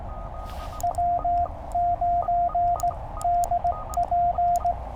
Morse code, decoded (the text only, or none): W9DP